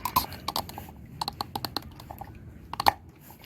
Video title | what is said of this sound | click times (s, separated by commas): Engine oil and filter change on OM642 (Mercedes, Chrysler,.) | that's it clicked in | 1.8 s, 2.9 s